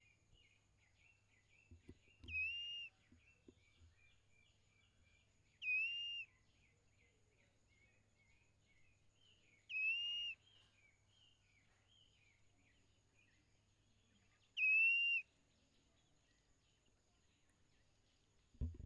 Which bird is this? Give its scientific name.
Urocolius macrourus